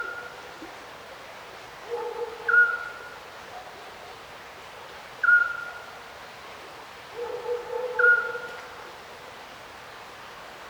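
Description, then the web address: Little owl calling with sharp, high, slightly falling whistles every few seconds, lower humming tones in between, steady hiss behind. Little owl calling at night by a river, recorded distant. "Ivo Vicic - Natural ambiences vol 1. Little owl river night distant"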